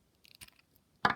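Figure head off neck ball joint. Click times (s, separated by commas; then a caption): 1.0 s. The plastic head of an S.H. MonsterArts Kong action figure from Godzilla vs Kong (2021) is lifted off the figure's neck ball joint. A few faint, light ticks and handling noises sound between about 0.2 and 0.8 seconds, then the head comes off with a sharp, loud pop at 1.1 seconds, released from the ball joint.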